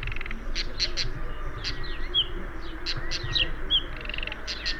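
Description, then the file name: Eastern black-eared wheatear producing rasping chacking notes mixed with brief thin whistles, delivered in uneven clusters, with a constant low hum behind. "Oenanthe melanoleuca call"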